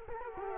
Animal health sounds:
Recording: mosquito wingbeat signal from an infrared sensor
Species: Culex quinquefasciatus

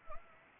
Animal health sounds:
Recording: mosquito wingbeat signal from an infrared sensor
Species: Anopheles arabiensis

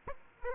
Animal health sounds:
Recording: mosquito wingbeat signal from an infrared sensor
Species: Aedes aegypti

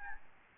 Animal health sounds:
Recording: mosquito wingbeat signal from an infrared sensor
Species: Aedes albopictus

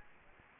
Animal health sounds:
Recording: mosquito wingbeat signal from an infrared sensor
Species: Aedes aegypti

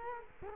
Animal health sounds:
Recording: mosquito wingbeat signal from an infrared sensor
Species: Culex quinquefasciatus

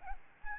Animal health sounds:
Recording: mosquito wingbeat signal from an infrared sensor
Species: Aedes albopictus

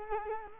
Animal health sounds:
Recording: mosquito wingbeat signal from an infrared sensor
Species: Culex quinquefasciatus

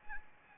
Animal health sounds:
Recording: mosquito wingbeat signal from an infrared sensor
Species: Anopheles arabiensis

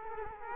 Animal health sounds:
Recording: mosquito wingbeat signal from an infrared sensor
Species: Culex quinquefasciatus

